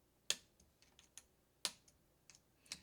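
During routine maintenance on a 3D printer, parts, likely linear bearings in their printed holders, are pressed into place. Two sharp, bright snaps ring out at 0.3 s and 1.7 s among a few fainter ticks, showing the parts are seated and no longer moving.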